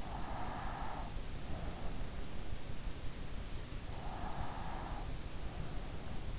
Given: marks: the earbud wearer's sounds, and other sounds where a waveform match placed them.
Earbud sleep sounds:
sounds in sleep by an in-ear microphone; breath
0.00-1.37 s: breath
3.90-5.52 s: breath

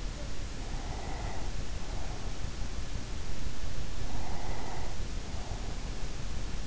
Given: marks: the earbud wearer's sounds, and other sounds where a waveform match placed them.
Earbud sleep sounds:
sounds in sleep by an in-ear microphone; breath
0.28-2.62 s: breath
4.08-6.19 s: breath

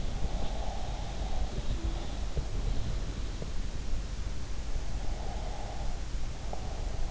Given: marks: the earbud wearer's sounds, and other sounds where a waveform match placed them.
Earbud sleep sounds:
sounds in sleep by an in-ear microphone; breath
0.36-1.63 s: breath
5.02-7.10 s: breath

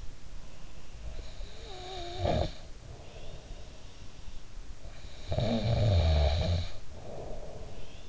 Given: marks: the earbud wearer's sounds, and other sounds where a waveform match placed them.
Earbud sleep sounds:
sounds in sleep by an in-ear microphone; snoring breath
0.97-3.85 s: snoring breath
4.79-8.08 s: snoring breath

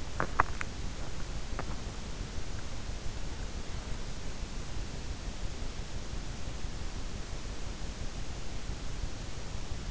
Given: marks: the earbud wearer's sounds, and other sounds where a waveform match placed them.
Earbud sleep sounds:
sounds in sleep by an in-ear microphone; teeth grinding
0.00-2.02 s: teeth grinding

